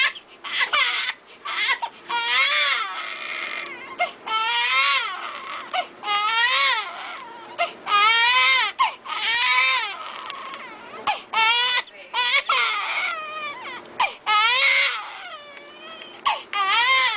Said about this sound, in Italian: quando il bambino è proprio piccolino, il pianto delle cosiddette coliche gassose.